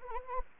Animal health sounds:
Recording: mosquito wingbeat signal from an infrared sensor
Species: Anopheles arabiensis

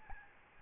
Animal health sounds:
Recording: mosquito wingbeat signal from an infrared sensor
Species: Aedes albopictus

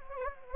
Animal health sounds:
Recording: mosquito wingbeat signal from an infrared sensor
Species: Anopheles gambiae

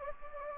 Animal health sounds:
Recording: mosquito wingbeat signal from an infrared sensor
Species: Anopheles gambiae

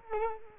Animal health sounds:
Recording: mosquito wingbeat signal from an infrared sensor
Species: Culex quinquefasciatus

